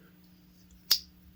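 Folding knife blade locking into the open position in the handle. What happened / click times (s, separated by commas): The folding blade locked open with a click / 0.9 s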